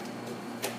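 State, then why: Seated. A lock point on the head assembly of a Dutchess Model BMIH-9SQ dough divider is put down so it slides over and locks in place. A single quiet click is heard at 0.6 s over a steady low hum, and the lock point is seated.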